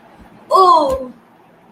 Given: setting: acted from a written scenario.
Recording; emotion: vocal sound without words; disappointment